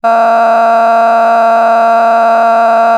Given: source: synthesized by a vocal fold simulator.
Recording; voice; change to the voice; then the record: sustained vowel; female; a random mix of aspiration noise, stiffness perturbation and strain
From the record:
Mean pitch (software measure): 229 Hz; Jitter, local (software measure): 1.94%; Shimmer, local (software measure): 5.7%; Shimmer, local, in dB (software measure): 0.50 dB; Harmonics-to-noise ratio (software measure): 15.0 dB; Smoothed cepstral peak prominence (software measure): 15.0 dB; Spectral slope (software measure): -18.8 dB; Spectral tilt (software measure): -10.8 dB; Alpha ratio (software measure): -9.3 dB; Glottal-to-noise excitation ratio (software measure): 0.961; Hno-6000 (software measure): 2.2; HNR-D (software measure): 37.4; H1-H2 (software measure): 1.0 dB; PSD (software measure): 7.7e-05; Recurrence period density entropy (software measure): 0.120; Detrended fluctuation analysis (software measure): 0.0114